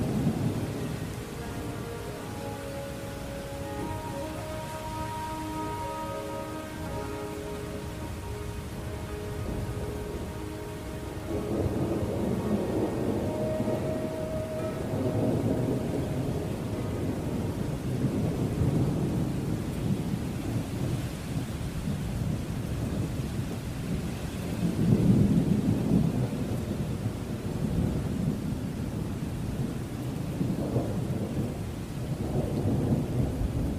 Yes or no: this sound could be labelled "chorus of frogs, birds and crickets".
no